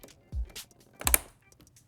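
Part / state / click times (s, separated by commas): RAM module into motherboard DIMM slot / seated / 1.1 s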